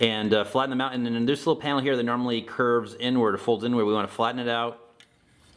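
A small plastic panel on the arm of a Zeta Toys ZB-01 Flyfire transforming robot figure is flattened out and pressed until it tabs into the side of the arm, sitting nice and flat. Someone talks for most of the clip, then a single sharp click is heard at 5.0 s as the panel seats.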